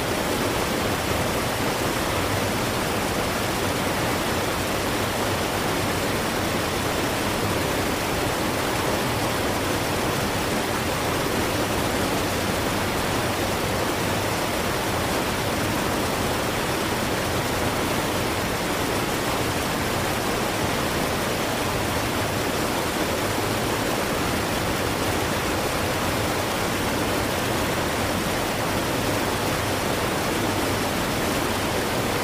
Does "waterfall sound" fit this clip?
yes